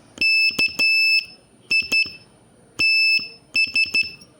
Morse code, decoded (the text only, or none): KITS